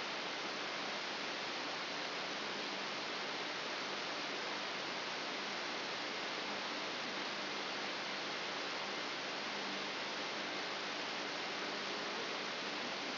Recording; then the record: brain microelectrode recording played as sound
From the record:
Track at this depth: inside the subthalamic nucleus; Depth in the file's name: 4.302 mm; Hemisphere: left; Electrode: 3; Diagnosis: Parkinson's disease